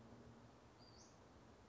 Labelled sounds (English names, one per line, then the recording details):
Western Flycatcher
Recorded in Sonoma County, California